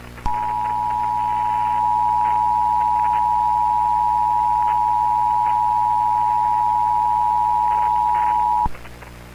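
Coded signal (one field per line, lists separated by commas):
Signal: Emergency Alert System (SAME) tones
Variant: 853 and 960 Hz attention tone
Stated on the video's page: Mock EAS alert, fictional.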